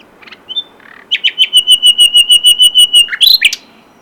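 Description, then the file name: Common nightingale song: a few clicks, then a steady run of many loud repeated whistled notes, ending in quick sharp chirps. "Luscinia megarhynchos"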